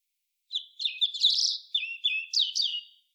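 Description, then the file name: European robin warbling a quick run of high twittering notes and downslurred whistles, run together into one sparkling phrase; background silent. "Erithacus rubecula"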